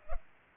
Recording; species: mosquito wingbeat signal from an infrared sensor; Culex pipiens